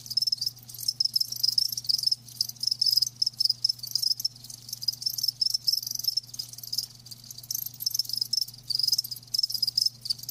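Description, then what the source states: Crickets trill in dense, high-pitched chirping runs that stop and start every fraction of a second, with a low steady hum in the background. Live crickets chirping.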